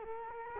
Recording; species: mosquito wingbeat signal from an infrared sensor; Culex quinquefasciatus